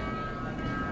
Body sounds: background sound without coughing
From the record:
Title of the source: 60 minutes of coffee shop sounds for study and concentration

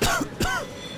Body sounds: coughing mixed with background sound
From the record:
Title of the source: Coughing 51

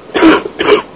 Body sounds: coughing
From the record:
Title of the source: 31 night wet cough

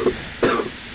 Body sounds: coughing mixed with background sound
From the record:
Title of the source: Coughing 77

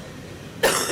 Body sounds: coughing mixed with background sound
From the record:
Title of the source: 34 coughing up crap again

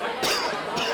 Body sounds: coughing mixed with background sound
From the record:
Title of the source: Coughing 60

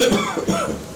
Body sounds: coughing mixed with background sound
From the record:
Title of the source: Spring Cold Coughing.

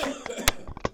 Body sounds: coughing mixed with background sound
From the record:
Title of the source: Residual Phlegmy Morning Coughing and Gagging

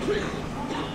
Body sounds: coughing mixed with background sound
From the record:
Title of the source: female coughing - coughing sound effects girl

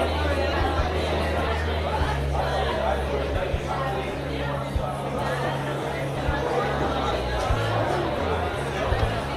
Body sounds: background sound without coughing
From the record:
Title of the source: CITY SOUNDS Busy Bar in the Evening Night - 2 HOURS of Ambiance for Relaxation

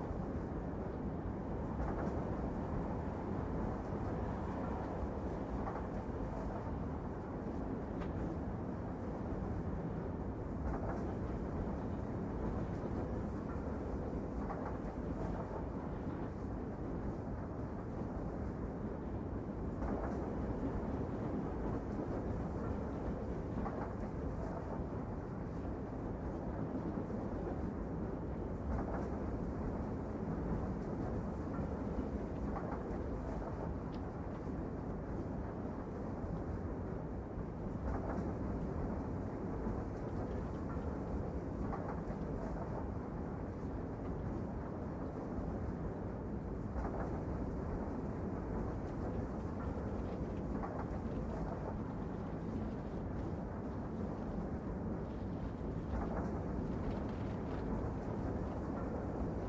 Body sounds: background sound without coughing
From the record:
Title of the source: Train Ride Ambience ambient white noise for sleeping, focus, studying, reading

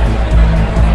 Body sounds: background sound without coughing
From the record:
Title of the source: Party Noise 1 Hour Party Ambience

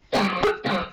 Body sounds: coughing mixed with background sound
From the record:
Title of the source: Barking cough - # 10

